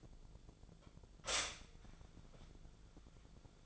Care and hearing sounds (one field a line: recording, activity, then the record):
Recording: daily activity, microphone in the room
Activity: stop toaster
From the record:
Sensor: 5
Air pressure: 1000.3 hPa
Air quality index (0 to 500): 129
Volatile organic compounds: 2 ppm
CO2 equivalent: 1020 ppm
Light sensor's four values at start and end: 79/185/79/85 and 79/184/79/85